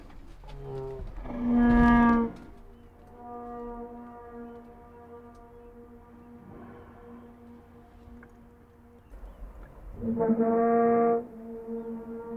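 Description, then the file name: Humpback whale trumpet calls: loud, brassy, harmonic blasts near two seconds and again around ten seconds, joined by a long, steady tonal drone between them. Humpback whale trumpet calls in Glacier Bay. "glba humpbacktrumpetmedley"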